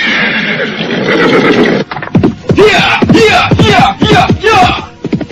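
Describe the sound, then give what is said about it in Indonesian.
A horse whinnies loudly and long as a rider leaps onto its back, then a run of quick, rhythmic bursts follows, like hoofbeats and snorts of the horse breaking into a gallop down a slope. “melompat ke atas punggung kuda dan melarikan binatang itu menuruni lereng.”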